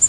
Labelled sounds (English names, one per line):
Prairie Warbler flight call